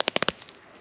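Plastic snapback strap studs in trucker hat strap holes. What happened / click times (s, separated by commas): The plastic strap studs snapped out of their holes / 0.0 s, 0.1 s, 0.2 s, 0.3 s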